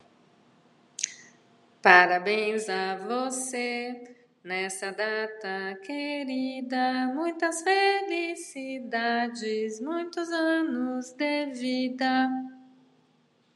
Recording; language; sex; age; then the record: short text; Brazilian Portuguese; female; 50 to 59 years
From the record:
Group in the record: control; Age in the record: 55 years